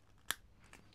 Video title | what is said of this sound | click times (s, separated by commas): Projet Monstrueux - Révision complète du moteur… LE MONSTRE RUGIT À NOUVEAU !!! ⚙️🔥 | Voilà, tu as entendu ? Ça fait clic, | 0.3 s